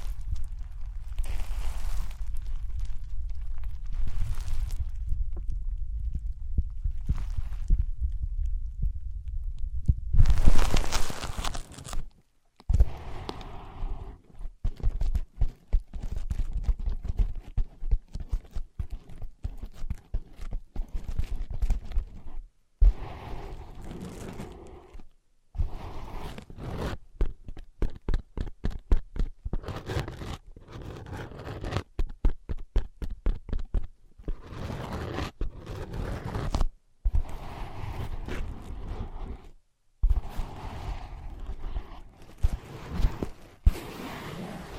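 Soft ear-pad sounds: for the first ten seconds a low, muffled rumble with faint rubbing. A brief bright scratch follows, then a dense run of quick tapping and scratching, irregular and crackly, with short silent gaps scattered through to the end.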